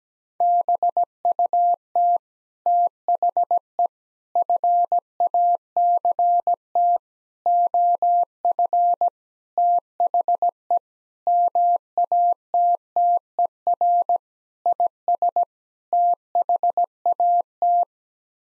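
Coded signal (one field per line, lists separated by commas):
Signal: Morse code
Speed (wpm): 17 wpm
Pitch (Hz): 700 Hz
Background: none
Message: BUT THE FACT OF THE MATTER IS THAT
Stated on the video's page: Morse practice sending sets of 8 common English words at 17 wpm for head-copy, each set sent twice.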